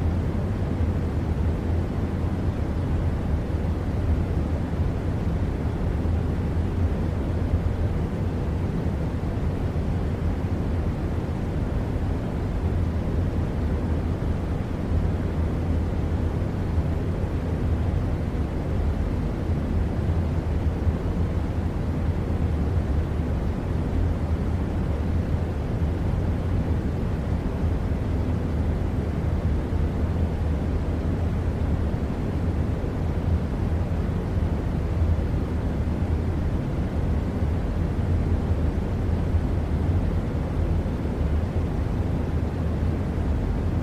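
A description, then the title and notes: An air conditioner fan runs with a steady, unbroken whoosh for the whole stretch, its level never shifting. The sound is dense and weighted toward the low end, with a deep hum underneath and softer hiss above. No separate events stand out. White Noise AC Fan Sounds.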